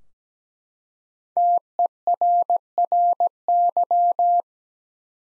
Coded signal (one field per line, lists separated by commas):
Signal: Morse code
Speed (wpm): 17 wpm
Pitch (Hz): 700 Hz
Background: none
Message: TERRY